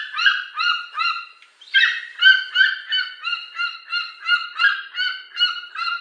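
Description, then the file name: Golden eagle calling in a steady string of ringing, harmonic yelps, about three per second, briefly broken by a rougher, louder note. "orzelprzedni"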